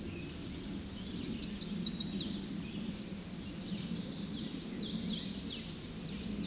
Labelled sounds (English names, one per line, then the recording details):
Hooded Warbler song
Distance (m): 35 m
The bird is about level with the microphone
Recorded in a Pennsylvania forest on 16 May 2024 at 08:59
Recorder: AudioMoth, point MSD-1419
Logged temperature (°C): 16.9 °C
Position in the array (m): 144 m, 139 m